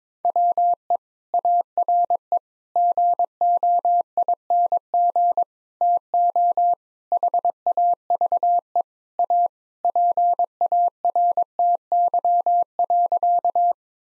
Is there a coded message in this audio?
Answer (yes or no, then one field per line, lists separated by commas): yes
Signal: Morse code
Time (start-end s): 0.2-13.7 s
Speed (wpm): 22 wpm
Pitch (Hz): 700 Hz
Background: none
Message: WE ARE GOING TO HAVE A PARTY.